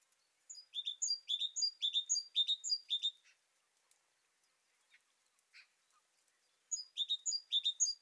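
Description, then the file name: Great tit calls: a long run of quick, high, sharp chirps lasting nearly three seconds, then quiet with a few faint notes before another rapid burst. "Parus major"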